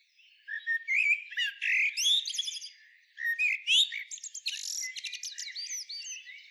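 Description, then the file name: Common blackbird delivering a dense, continuous stream of warbled slurs, rising whistles and squeaky twitters, with a short dip in the middle. "Turdus merula"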